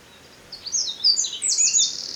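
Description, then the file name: Eurasian wren bursting into song, with high chipping notes building into a fast, loud trill that is still going at the end. "Troglodytes troglodytes"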